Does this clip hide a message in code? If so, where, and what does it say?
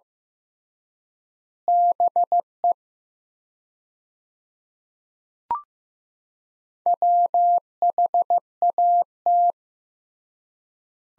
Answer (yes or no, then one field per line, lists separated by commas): yes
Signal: Morse code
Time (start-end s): 1.7-9.5 s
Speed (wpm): 15 wpm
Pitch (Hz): 700 Hz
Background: none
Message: BE WHAT